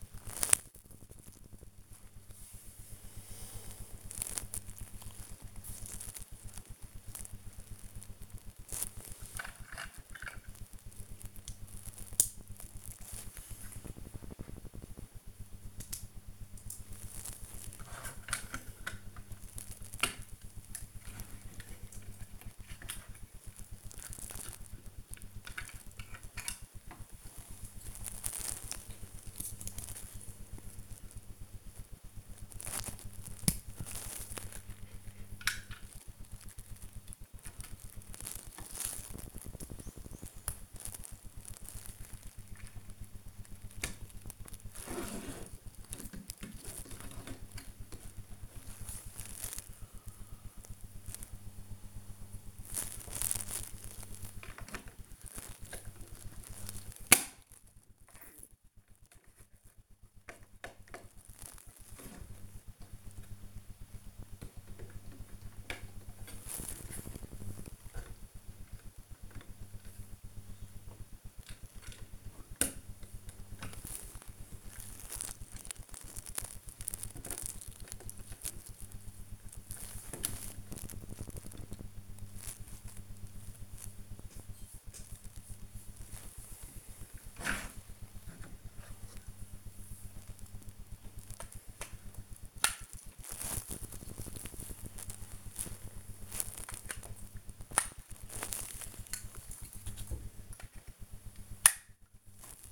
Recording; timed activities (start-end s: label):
household activities, microphone on the right wrist
0.00-18.75 s: building with lego
23.77-97.26 s: building with lego
100.28-102.72 s: building with lego